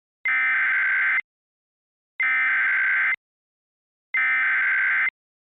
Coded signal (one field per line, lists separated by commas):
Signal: Emergency Alert System (SAME) tones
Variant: header bursts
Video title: EAS Recreation (01/18/20): Meramec Maramec